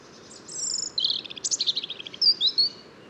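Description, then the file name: European robin singing a varied high phrase that mixes thin drawn whistles, a rapid stuttering trill and short sliding notes at the end. "Erithacus rubecula"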